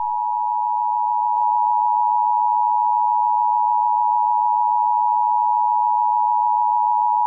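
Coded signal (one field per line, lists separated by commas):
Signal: Emergency Alert System (SAME) tones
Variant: 853 and 960 Hz attention tone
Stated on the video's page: Fictional EAS scenario using valid EAS tones.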